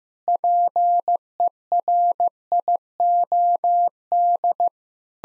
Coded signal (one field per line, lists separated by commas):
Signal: Morse code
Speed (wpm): 16 wpm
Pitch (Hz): 700 Hz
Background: none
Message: PERIOD